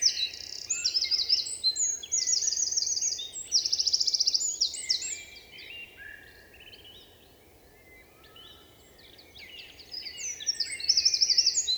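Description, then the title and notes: Eurasian wren delivering a powerful outpouring of high, rapid notes and repeated rattling trills, a long pause, then a fresh burst of song. Recorded 27 March 2020 in Val Maravel with a Nagra Seven and MKH8040 microphones in stereo; forest singer whose vigorous, nervous song asserts its presence to any potential rival. "UN VENT DE TROGLODYTE. 27 mars 2020-Val Maravel - Un Troglodyte mignon (Troglodytes troglodytes) affirme par son chant vigoureux sa présence à tout concurrent potentiel.Chanteur de la forêt son chant nerveux est toujours impressionnant de puissance"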